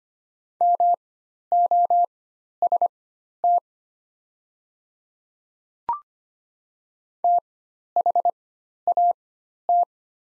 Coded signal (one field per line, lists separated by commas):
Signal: Morse code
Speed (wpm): 25 wpm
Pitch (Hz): 700 Hz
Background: none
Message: MOST THAT